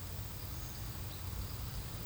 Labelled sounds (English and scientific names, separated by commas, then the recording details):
none
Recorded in pastures near Puerto Asís, Putumayo, Colombia, on 8 March 2025 at 12:00
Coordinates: 0.472, -76.329
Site G074